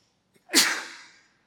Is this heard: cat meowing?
no